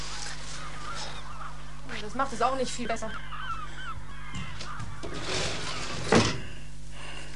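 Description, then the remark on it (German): Seagulls screech at night, heard through an open window, in a string of harsh, rising cries, with a louder squawk near the end, over a steady low hum while a person speaks briefly. “Ich kann dieses Möwengeschrei nicht aushalten.”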